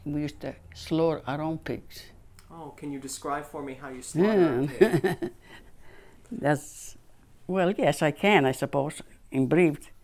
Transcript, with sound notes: and we used to slaughter our own pigs.
Oh, can you describe for me how you slaughtered a pig?
( she laughs ) That's, well, yes, I can, I suppose, in brief.